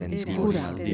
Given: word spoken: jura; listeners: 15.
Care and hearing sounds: one Spanish word in noise, from a listening test; four-talker babble; 0.5 dB; 2 of 15; 9 of 15; 0.55 s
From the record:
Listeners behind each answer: 9, 2, 2, 1, 1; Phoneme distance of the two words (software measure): 10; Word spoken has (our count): 2 syllables, 4 phonemes, stress on syllable 1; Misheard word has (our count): 2 syllables, 4 phonemes, stress on syllable 1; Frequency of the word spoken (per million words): 2.63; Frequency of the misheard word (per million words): 30.98

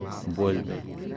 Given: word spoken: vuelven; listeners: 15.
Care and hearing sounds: one Spanish word in noise, from a listening test; eight-talker babble; 6.8 dB; 0 of 15; 15 of 15; 0.78 s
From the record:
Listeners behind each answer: 15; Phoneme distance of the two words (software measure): 7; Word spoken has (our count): 2 syllables, 7 phonemes, stress on syllable 1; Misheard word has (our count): 2 syllables, 6 phonemes, stress on syllable 1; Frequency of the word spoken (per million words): 22.79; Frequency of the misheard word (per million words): 90.45

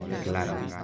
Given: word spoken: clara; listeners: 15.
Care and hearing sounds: one Spanish word in noise, from a listening test; eight-talker babble; 0.7 dB; 4 of 15; 7 of 15; 0.44 s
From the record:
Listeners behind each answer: 7, 4, 1, 1, 1, 1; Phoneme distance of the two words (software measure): 10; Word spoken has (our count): 2 syllables, 5 phonemes, stress on syllable 1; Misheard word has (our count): 2 syllables, 5 phonemes, stress on syllable 1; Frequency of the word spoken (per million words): 82.55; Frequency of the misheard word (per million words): 226.72

